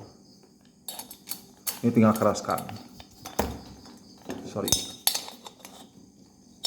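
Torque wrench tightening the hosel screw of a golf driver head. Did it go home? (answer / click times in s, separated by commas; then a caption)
yes / 5.1 s. The supplied torque wrench tightens the hosel screw on a golf driver head, with metallic clinks, light rattles and brief talk along the way. The wrench gives a sharp click at 5.1 s, showing the screw is locked and tight enough.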